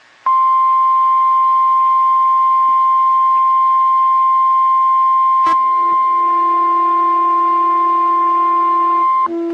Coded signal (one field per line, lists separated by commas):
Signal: Emergency Alert System (SAME) tones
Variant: 1050 Hz attention tone